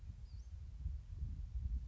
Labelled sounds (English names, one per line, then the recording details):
Western Flycatcher
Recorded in Sonoma County, California